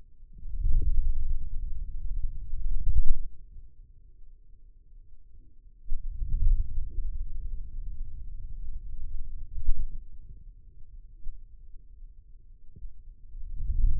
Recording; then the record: forearm muscle sounds (acoustic myography)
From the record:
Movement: wrist flexion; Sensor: system 2, bracelet of six BSWA MPA416 microphones around the upper forearm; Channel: 4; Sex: male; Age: 22 years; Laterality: right